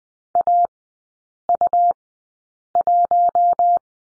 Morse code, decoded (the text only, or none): AU1